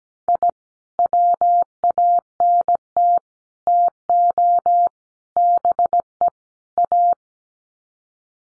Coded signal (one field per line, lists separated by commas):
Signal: Morse code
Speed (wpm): 17 wpm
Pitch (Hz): 700 Hz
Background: none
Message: I WANT TO BE A